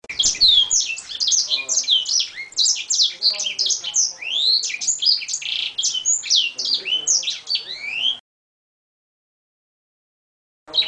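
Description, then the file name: Edel Sanger singing a long, hurried medley of high chirps and swooping whistles, then falling silent before a final brief burst. Original song (lagu asli). "edel-sanger-lagu-asli-1-omkicau"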